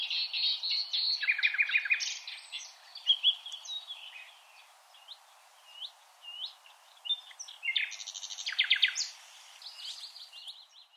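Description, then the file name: Common nightingale singing a rich, varied sequence of fast repeated notes, rattling trills and short upslurred whistles, broken by brief quieter gaps. "Luscinia megarhynchos"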